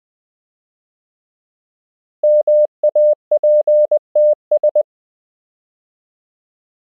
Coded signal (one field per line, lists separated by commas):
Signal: Morse code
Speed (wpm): 20 wpm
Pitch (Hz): 600 Hz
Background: none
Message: MAPTS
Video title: Morse Code — Koch Method Lesson 12 (KMRSUAPTLOWI.)